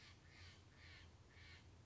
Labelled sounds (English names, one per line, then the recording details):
Steller's Jay
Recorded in Sonoma County, California